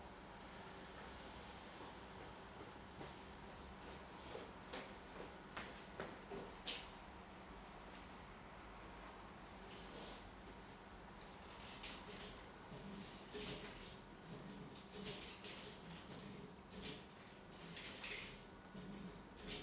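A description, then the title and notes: A metro station on a Monday morning, with a steady low rumble of machinery and a faint hum running throughout. Sharp clacks, knocks and short scraping sounds come every second or two, busier after the halfway point, with faint voices in the background. Monkseaton Metro, Monday morning.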